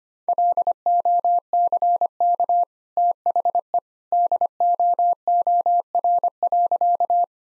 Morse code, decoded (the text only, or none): LOCK THE DOOR.